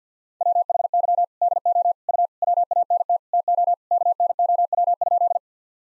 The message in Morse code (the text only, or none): WHY DO U WANT TO KNOW?